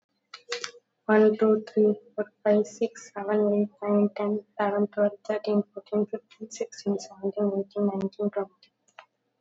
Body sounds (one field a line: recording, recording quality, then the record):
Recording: counting at a normal pace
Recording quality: excellent, no background noise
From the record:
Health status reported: COVID-19 positive, mild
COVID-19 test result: positive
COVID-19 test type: RT-PCR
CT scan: not taken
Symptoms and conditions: fever, fatigue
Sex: female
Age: 22 years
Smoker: no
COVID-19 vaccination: both doses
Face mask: not worn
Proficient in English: yes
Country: India